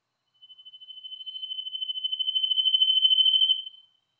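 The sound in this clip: Trilling Cisticola song, one long even trill that builds steadily louder for about three seconds before stopping abruptly.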